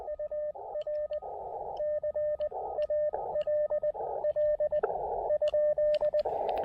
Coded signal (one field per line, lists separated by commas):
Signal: Morse code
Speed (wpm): 19 wpm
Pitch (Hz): 600 Hz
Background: radio noise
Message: UR CALL ?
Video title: POTA with 500 milliwatts CW and 10 watts SSB using the Elecraft KX2 and PackTenna Random Wire!